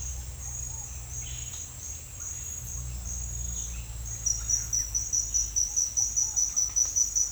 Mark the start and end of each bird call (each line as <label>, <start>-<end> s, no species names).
bird call, 1.06-1.75 s
bird call, 3.06-4.83 s
bird call, 5.66-6.92 s